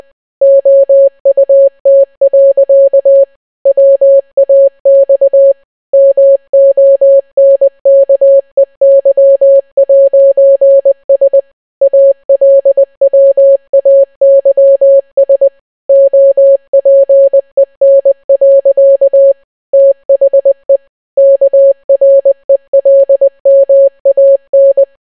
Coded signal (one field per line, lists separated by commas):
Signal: Morse code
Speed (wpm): 20 wpm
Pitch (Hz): 550 Hz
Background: none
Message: OUT. WAX MONKEY'S ALWAYS OPEN. THE KRELMAN